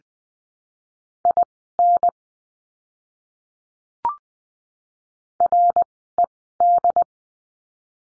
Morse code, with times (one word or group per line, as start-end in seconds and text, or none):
1.3-2.1 IN
5.4-7.0 RED